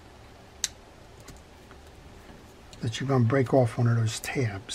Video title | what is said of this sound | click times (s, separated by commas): Abu Black Max 10 spin fishing reel how to take apart and service | one's snapped in place nicely you heard a nice crisp snap | 0.6 s